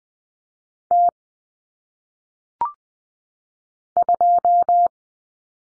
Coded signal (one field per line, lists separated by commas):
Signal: Morse code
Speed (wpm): 20 wpm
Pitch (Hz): 700 Hz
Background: none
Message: T 2